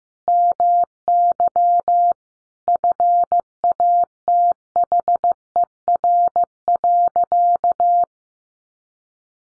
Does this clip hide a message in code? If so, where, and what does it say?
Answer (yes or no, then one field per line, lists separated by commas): yes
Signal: Morse code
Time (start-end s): 0.3-8.0 s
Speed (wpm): 15 wpm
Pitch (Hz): 700 Hz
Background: none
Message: MY FATHER.